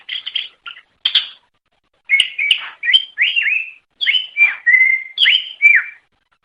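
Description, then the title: Greater green leafbird song: clear whistled and slurred notes, many dropping in pitch, given in short bursts with brief gaps and a few sharp chips. Bird from Banyuwangi singing loudly and continuously (gacor ngeplong); used to train other birds; national champion bird. "mster Mnuk. Suara Cucak Ijo Banyuwangi Gacor Ngeplong Master. Masteran Cucak Ijo Juara Nasional"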